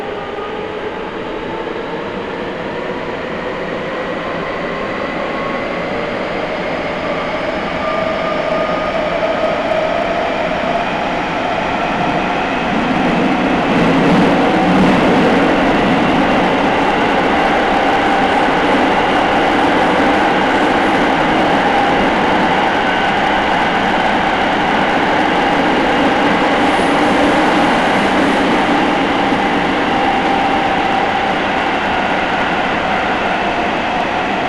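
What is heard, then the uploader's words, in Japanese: A ride on the Nagoya Municipal Subway Sakura-dori Line, with a constant rushing roar of the train underway. Rising and falling whine tones sweep through the first half, and around fifteen seconds the rumble grows louder and rougher, then holds steady to the end. 名古屋市営地下鉄桜通線 太閤通→徳重。桜通線の太閤通から徳重までの全区間を乗った時のものです。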